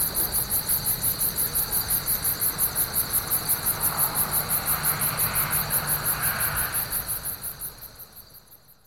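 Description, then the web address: Insect chirping, a very high pulsed trill repeated about three times a second, steady then fading near the end, over a low background rumble. "насекомые"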